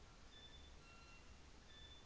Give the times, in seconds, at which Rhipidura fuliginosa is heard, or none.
none